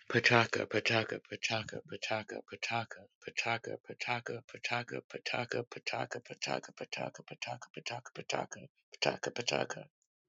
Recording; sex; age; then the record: repeated syllables /pa ta ka/; male; 40 to 49 years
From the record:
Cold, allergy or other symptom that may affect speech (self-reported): no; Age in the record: 40 years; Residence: Wisconsin, United States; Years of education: 13